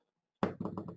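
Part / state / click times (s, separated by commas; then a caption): lid of a waterproof phone dive housing / seated / 0.4 s. A phone is placed straight into a plastic waterproof dive housing and the lid is pressed closed, with a side handle later twisted until it locks. After silence, a sharp knock at 0.4 s marks the lid closing shut, followed by a few softer knocks and taps through about 1.0 s.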